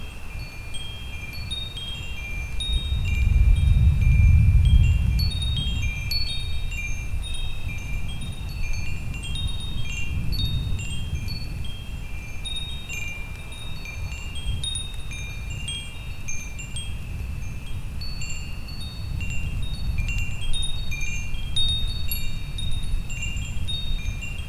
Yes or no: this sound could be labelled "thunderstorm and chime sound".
yes